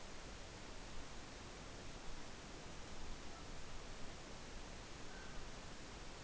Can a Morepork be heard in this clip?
no